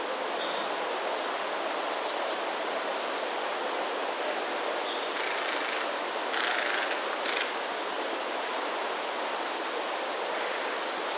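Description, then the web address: Eurasian blue tit singing three short, very high, tinkling phrases spaced roughly four to five seconds apart, with steady hiss in the background. "wroblowe teka spiew. modraszkoteka"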